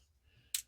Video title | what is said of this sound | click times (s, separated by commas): Stanley Fatmax vs Lenox Utility Knives | same thing, it clicks in place here. | 0.6 s